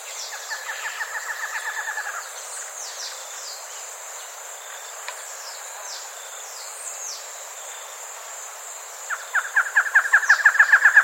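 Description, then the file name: Bird giving a short rattling trill, then a pause filled with thin high chirps, before a louder trill starts at the end. "SABIOD 50 bird 2015"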